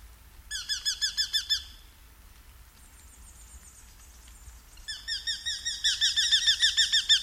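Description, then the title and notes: Eurasian hobby calling in rapid runs of sharp, ringing kew notes, a thin high squeal between runs, the last run building louder. "Viikon luontoääni: Nuolihaukka. Juha Laaksonen. Yle"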